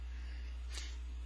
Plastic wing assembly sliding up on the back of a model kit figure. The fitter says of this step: take this entire assembly and slide it up doesn't really lock into place it just kind of sits there but